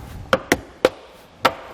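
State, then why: Seated. On a 2016 Mitsubishi Outlander, the plastic door threshold (sill) trim panel is pushed back down onto the car body sill after a Curt T-Connector trailer wiring harness is routed beneath it. Its retaining clips snap into place as four sharp hits at 0.3, 0.5, 0.9 and 1.5 seconds, and the panel is seated.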